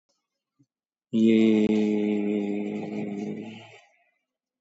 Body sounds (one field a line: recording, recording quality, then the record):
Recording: sustained vowel as in made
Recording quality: excellent, no background noise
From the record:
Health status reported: exposed to COVID-19, no respiratory illness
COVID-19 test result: negative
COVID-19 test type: RT-PCR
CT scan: taken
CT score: 7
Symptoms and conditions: cough, sore throat, fatigue, loss of smell and taste, diabetes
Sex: male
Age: 81 years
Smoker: no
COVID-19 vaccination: none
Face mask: worn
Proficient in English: yes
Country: India